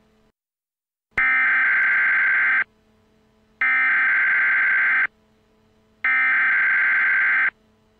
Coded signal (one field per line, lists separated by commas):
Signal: Emergency Alert System (SAME) tones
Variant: header bursts